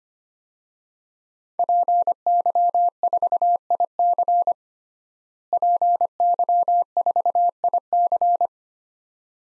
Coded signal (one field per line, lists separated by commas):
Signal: Morse code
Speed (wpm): 25 wpm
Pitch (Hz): 700 Hz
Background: none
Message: PY4IC PY4IC